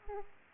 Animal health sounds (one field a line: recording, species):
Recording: mosquito wingbeat signal from an infrared sensor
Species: Aedes aegypti